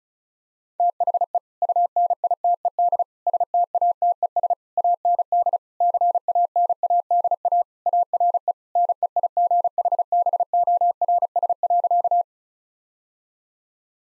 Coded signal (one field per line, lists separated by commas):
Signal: Morse code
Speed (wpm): 34 wpm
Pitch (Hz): 700 Hz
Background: none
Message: THE UNITED STATES AND CANADA ARE NEIGHBORS.